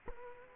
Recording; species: mosquito wingbeat signal from an infrared sensor; Culex quinquefasciatus